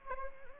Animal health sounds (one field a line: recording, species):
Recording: mosquito wingbeat signal from an infrared sensor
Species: Anopheles gambiae